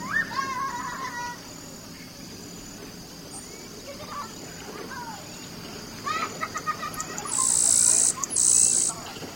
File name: yellow browed sparrow